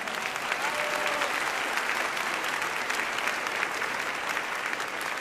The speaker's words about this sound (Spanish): Que oiga el aplauso, ¿verdad? Ahí está. Nació en esta ciudad de Puebla, pues ya ese aplauso sea para todos los poblanos, ¿verdad?